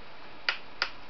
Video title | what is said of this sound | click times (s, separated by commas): how2 'properly' replace or upgrade dynamic ram in a laptop | them out keep going until you can hear the click click click it means the screws have this app is holding | 0.5 s, 0.8 s